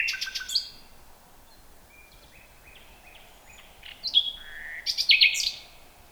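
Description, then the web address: Common nightingale song: a short burst of harsh notes, a soft series of quiet whistled notes, then loud phrases ending in a buzzy trill. "nachtegaal luscinia megarhynchos"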